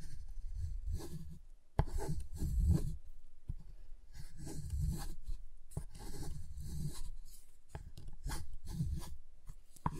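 Scraping and rubbing on a giant chocolate bar, like cutting, with a few sharp snaps or taps near two, three and a half, six and ten seconds.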